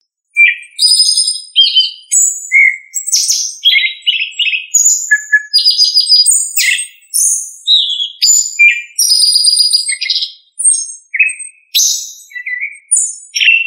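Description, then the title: Thrush singing a long, varied sequence of bright, high phrases that mix clear whistled notes with quick trilled and warbled figures, barely pausing between them. "Familia Turdidae - Sabia"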